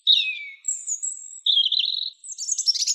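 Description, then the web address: European robin giving thin, high whistled phrases: a falling slur, a long level whistle, a warbled trill, then a jumbled high twitter over about three seconds. "Erithacus rubecula"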